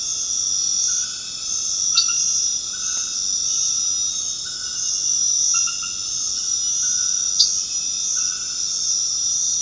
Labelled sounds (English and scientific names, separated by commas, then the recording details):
none
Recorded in dense forest near Puerto Asís, Putumayo, Colombia, on 8 March 2025 at 21:00
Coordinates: 0.486, -76.317
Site G053